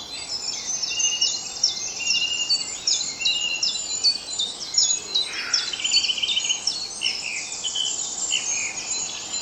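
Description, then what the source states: Dawn chorus: birds singing together in a busy chorus of high, rapid chirps and trills layered without pause, one brief lower phrase near the middle. At dawn.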